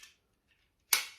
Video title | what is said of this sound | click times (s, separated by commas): Did Shop Disney send me a duff lightsaber?? Star Wars Mace Windu Legacy Lightsaber review | it locks into place, so then you hang that on your belt | 0.9 s